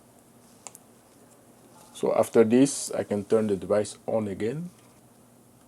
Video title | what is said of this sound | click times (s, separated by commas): iPhone 15 Pro Max Screen Replacement Repair | you will hear some clicks | 0.7 s, 0.8 s